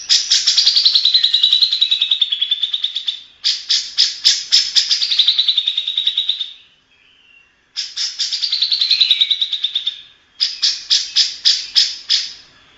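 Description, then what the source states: Grey-cheeked bulbul in bouts of fast rattling trills with descending slurred notes, each phrase a few seconds long, separated by brief pauses. Masteran recording used to train other birds; local name cucak jenggot.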